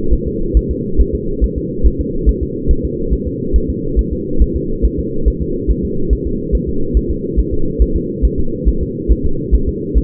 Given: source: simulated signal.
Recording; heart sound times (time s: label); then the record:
fetal heart sounds
0.13 s: S1
0.28 s: S2
0.57 s: S1
0.71 s: S2
1.01 s: S1
1.15 s: S2
1.44 s: S1
1.58 s: S2
1.86 s: S1
2.01 s: S2
2.29 s: S1
2.43 s: S2
2.71 s: S1
2.85 s: S2
3.13 s: S1
3.27 s: S2
3.56 s: S1
3.70 s: S2
3.99 s: S1
4.13 s: S2
4.42 s: S1
4.56 s: S2
4.85 s: S1
5.00 s: S2
5.28 s: S1
5.42 s: S2
5.71 s: S1
5.85 s: S2
6.13 s: S1
6.27 s: S2
6.55 s: S1
6.69 s: S2
6.97 s: S1
7.11 s: S2
7.40 s: S1
7.54 s: S2
7.82 s: S1
7.96 s: S2
8.25 s: S1
8.39 s: S2
8.68 s: S1
8.83 s: S2
9.12 s: S1
9.26 s: S2
9.55 s: S1
9.69 s: S2
9.98 s: S1
From the record:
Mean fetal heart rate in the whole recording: 140 bpm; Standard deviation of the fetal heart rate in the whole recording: 2 bpm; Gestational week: 34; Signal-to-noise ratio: -8.1 dB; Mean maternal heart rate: 72 bpm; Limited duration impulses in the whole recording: absent